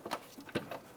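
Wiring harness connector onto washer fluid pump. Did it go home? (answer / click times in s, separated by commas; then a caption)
no / none. An electrical wiring harness connector is lined up with the washer fluid pump on a 2015-2020 Ford F-150 windshield washer reservoir and slid down into position. A few light taps and rustling handling noises are heard, the strongest around 0.1 s and 0.6 s. The connector has not seated or clicked yet.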